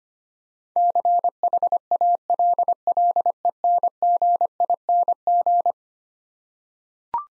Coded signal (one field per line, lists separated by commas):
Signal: Morse code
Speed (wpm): 25 wpm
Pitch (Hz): 700 Hz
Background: none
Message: CHALLENGING